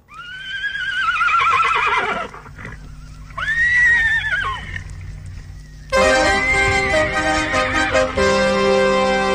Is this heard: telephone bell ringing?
no